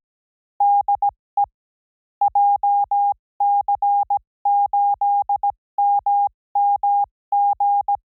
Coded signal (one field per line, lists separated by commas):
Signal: Morse code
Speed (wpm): 18 wpm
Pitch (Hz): 810 Hz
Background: none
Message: DE JC8MMG